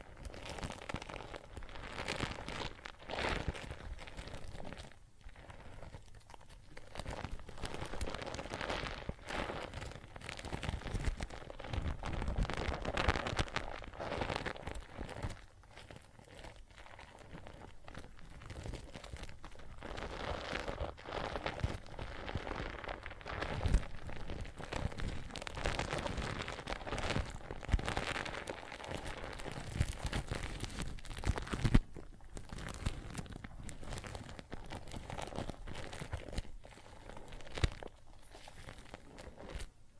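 Soap foam and water fizz and crackle without pause, a dense bed of tiny popping bubbles. The texture swells and thins in uneven waves, with busier, louder stretches around twelve seconds and again near thirty. A faint low rumble sits underneath throughout.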